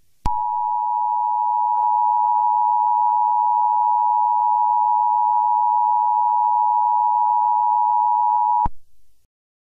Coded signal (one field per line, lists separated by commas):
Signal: Emergency Alert System (SAME) tones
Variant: 853 and 960 Hz attention tone